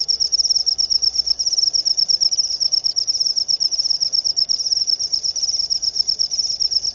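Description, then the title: Cricket chirping in a dense, high, continuous pulsing trill that runs without a break. Loud cricket chirping (ngerik), played to make lovebirds keep singing (ngekek). "Suara JANGKRIK NGERIK Keras Bikin LOVEBIRD Jadi NGEKEK Terus Vubey"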